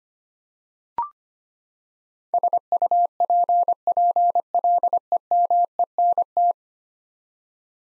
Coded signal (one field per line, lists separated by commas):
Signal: Morse code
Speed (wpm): 25 wpm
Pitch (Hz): 700 Hz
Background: none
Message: SUPPLEMENT